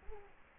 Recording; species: mosquito wingbeat signal from an infrared sensor; Culex quinquefasciatus